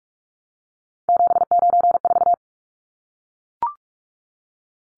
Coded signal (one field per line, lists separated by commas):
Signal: Morse code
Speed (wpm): 44 wpm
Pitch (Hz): 700 Hz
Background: none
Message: 794